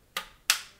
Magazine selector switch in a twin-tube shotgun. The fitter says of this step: so you really got to make sure that that's hear that click you got to make sure that you hear that that